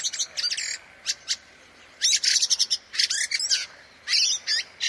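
Bird calls: bursts of bright, high chirps and twittery trills in quick clusters, separated by short pauses, over a faint background hiss.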